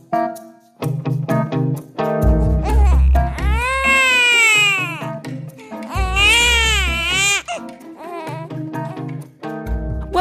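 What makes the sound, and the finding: Infant. Infant cry.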